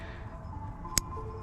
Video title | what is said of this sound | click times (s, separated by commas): 2013-15 Toyota Rav4 Headlights LED bulb's upgrade | okay clicks now let's go to the car again | 1.0 s